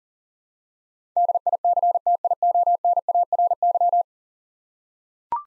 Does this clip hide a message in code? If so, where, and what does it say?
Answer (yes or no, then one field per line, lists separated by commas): yes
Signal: Morse code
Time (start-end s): 1.2-4.0 s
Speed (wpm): 39 wpm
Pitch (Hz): 700 Hz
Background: none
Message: DICTIONARY